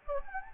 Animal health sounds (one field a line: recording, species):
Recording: mosquito wingbeat signal from an infrared sensor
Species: Anopheles gambiae